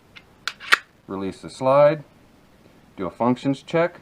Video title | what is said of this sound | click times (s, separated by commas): Ruger SR9C - AWESOME 9mm! | it in, and when you hear it click, you're there. | 0.5 s